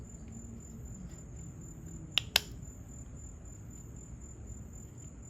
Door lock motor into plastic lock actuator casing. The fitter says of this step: put the new motor in the case ensuring that it clicks into place